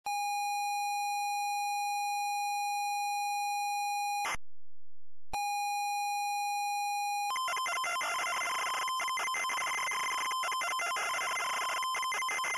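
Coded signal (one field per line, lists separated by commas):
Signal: ZX Spectrum tape loading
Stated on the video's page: ZX Spectrum tape loading of a homemade The Last Of Us loading screen.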